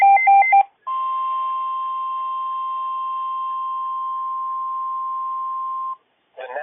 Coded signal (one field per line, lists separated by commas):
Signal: Emergency Alert System (SAME) tones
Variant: 1050 Hz attention tone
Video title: Some EAS alerts from the 3/16/26 “Moderate/Level 4” Risk - EAS #1,012-1,020